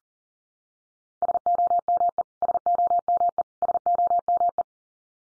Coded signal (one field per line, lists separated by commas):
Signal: Morse code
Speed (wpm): 40 wpm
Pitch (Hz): 700 Hz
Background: none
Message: SOME SOME SOME